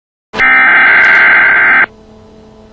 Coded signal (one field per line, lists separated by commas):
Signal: Emergency Alert System (SAME) tones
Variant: header bursts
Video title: eas alert